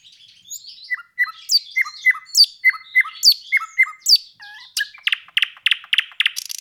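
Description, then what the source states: Nightingale song: paired down-slurred notes repeated steadily, followed by a series of dry, clicking pulses. Recorded 26 April 2012.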